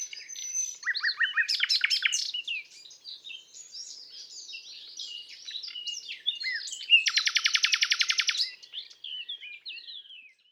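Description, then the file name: Common nightingale song: varied chattering phrases, then a loud, rapid rattle of repeated notes for over a second before softer twitters return. "Rossignol philomele"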